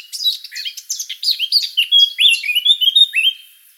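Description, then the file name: Eurasian blackcap delivering one song phrase: hurried twittering warble swelling into loud, pure whistled notes at the end. "Sylvia atricapilla"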